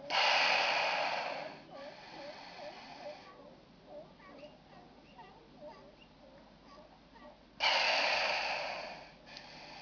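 Northern elephant seal bellowing in a rough, drawn-out blast, followed by several seconds of soft chirping calls, then a second loud roar near the end.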